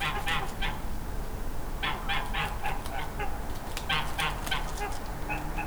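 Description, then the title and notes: Goose: geese giving short, clipped honks in loose clusters, repeated several times over a constant low rumble. Geese eating a midnight snack at Kalkovenstraat, Mechelen, Belgium, while a train passes; recorded with a Zoom H4n Pro. "Kalkovenstraat, 2800 Mechelen, België - Ganzen. Geese eating midnight snack, train passing"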